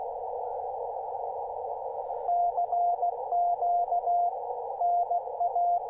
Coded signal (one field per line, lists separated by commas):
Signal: Morse code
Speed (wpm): 16 wpm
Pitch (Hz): 700 Hz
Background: none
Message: CQ NA